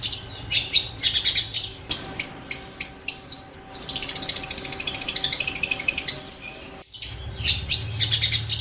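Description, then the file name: Long-tailed shrike song: rapid series of sharp high chirps, then a dense buzzy chattering trill, returning to quick chirps near the end. Master song recording used for training songbirds; Indonesian name cendet. "cendet master. omkicau"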